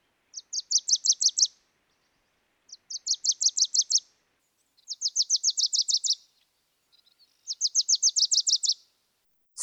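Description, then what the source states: Wilson's warbler song: four bursts of high, rapid chattering notes, each a quick series of about eight chips, repeated every two to three seconds in quiet surroundings. One of the smallest warblers; bright yellow, tending to olive, with big black eyes on a yellow cheek; played as a mystery sound.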